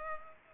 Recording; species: mosquito wingbeat signal from an infrared sensor; Culex pipiens